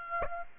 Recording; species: mosquito wingbeat signal from an infrared sensor; Aedes aegypti